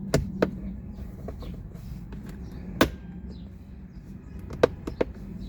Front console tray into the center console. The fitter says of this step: Push the tray straight in until all the clips snap in place.